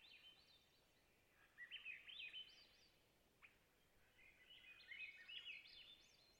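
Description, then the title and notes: Swainson's thrush song, two breezy upward-spiralling fluted phrases, with a single sharp click between them and faint background hiss. Spring twilight, Long Lake, Talkeetna, Alaska; boreal taiga lake with white spruce and mosses; 49-61°F, light to no wind; mid-side recording with MKH8040 and MKH30 microphones. "Swainson's Thrush - Catharus Ustulatus. Location: Long Lake, Talkeetna, AK"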